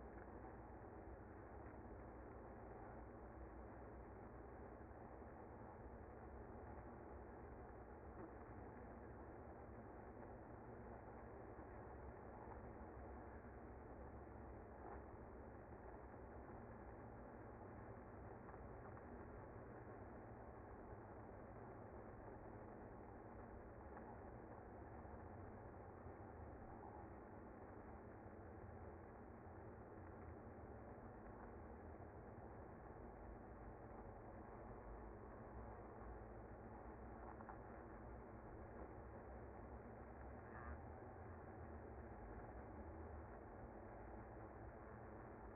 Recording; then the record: honeybee colony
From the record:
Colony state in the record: active